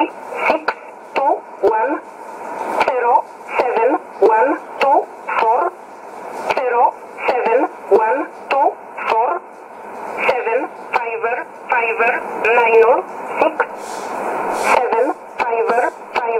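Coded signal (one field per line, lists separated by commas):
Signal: numbers station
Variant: E11 Oblique, English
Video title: 14 02 2017 Numbers station E11 Oblique in English to Eu 1051 on 12153 in USB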